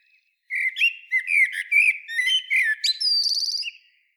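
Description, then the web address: Common blackbird song: one phrase of low, mellow fluted warbling that breaks into a high, squeaky twitter at the end. "SETE data Turdus merula"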